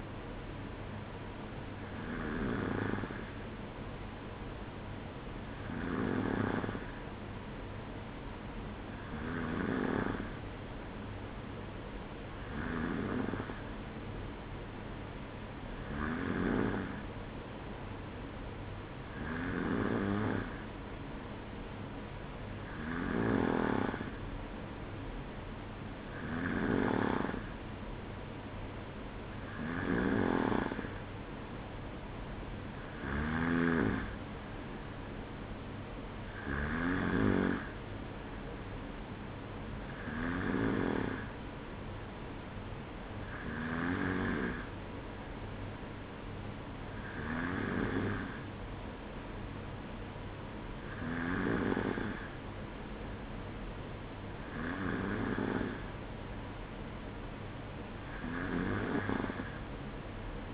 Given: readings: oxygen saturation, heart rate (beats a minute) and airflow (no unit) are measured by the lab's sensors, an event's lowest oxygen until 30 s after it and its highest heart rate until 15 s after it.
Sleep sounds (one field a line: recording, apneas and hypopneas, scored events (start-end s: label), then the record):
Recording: breathing in sleep by a voice recorder at the bedside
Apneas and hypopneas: none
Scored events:
none scored
From the record:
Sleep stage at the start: N2 (light sleep)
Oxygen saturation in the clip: 93 to 94%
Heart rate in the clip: 51 to 56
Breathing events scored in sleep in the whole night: 305 in 9.6 hours asleep